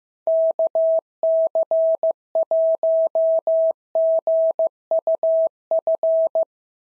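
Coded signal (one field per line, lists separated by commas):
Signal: Morse code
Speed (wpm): 14 wpm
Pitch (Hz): 650 Hz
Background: none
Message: KC1GUF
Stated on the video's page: SOTA QSO practice drill at 15 wpm, each exchange sent in Morse, spoken, then sent again.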